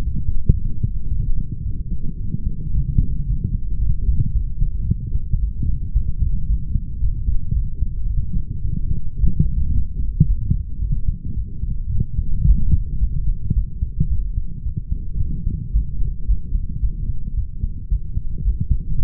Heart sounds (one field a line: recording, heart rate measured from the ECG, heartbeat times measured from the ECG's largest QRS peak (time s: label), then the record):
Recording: heart sounds by stethoscope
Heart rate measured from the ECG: 111 bpm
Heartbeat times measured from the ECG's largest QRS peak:
0.02 s: heartbeat
0.57 s: heartbeat
1.11 s: heartbeat
1.66 s: heartbeat
2.20 s: heartbeat
2.75 s: heartbeat
3.28 s: heartbeat
3.82 s: heartbeat
4.35 s: heartbeat
4.88 s: heartbeat
5.42 s: heartbeat
5.96 s: heartbeat
6.49 s: heartbeat
7.03 s: heartbeat
7.56 s: heartbeat
8.10 s: heartbeat
8.65 s: heartbeat
9.19 s: heartbeat
9.74 s: heartbeat
10.28 s: heartbeat
10.82 s: heartbeat
11.37 s: heartbeat
11.92 s: heartbeat
12.47 s: heartbeat
13.02 s: heartbeat
13.56 s: heartbeat
14.11 s: heartbeat
14.66 s: heartbeat
15.20 s: heartbeat
15.74 s: heartbeat
16.28 s: heartbeat
16.83 s: heartbeat
17.37 s: heartbeat
17.91 s: heartbeat
18.46 s: heartbeat
18.99 s: heartbeat
From the record:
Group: healthy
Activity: light exercise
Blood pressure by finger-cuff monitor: 168/95 mmHg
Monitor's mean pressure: 118 mmHg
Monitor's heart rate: 111 bpm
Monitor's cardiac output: 9 L/min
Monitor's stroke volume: 81 mL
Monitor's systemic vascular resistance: 990 dyn s/cm5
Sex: male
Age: 21 years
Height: 175 cm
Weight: 72.6 kg